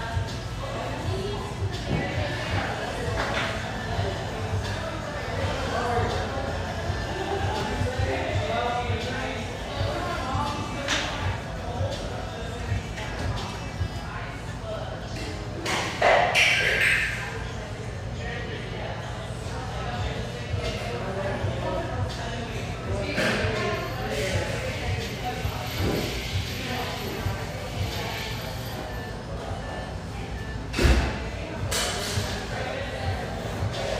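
A café full of overlapping chatter, a steady murmur of voices with a low hum running underneath throughout. Scattered clinks and thuds punctuate the crowd noise, including a bright ring around sixteen seconds and a sharp knock near thirty-one seconds.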